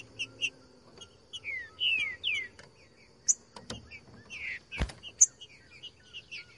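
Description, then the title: Green-winged Saltator singing slurred, descending whistles in short groups, broken by a loud snap and light background hum. Singing in the bush; recording meant to stir a trinca-ferro into song; labelled song type 'voz 10'. "Canto De Trinca Ferro Voz 10. TRINCA FERRO CANTANDO NO MATO. ESQUENTAR TRINCA FERRO"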